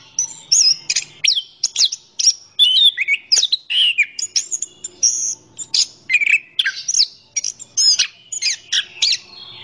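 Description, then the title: Orange-headed thrush pouring out a fast, jumbled song of sharp chirps, whistled slurs and buzzy trills in quick succession, with almost no gaps. Described as gacor, a term for a bird singing vigorously. "Anis Kembang Gacor"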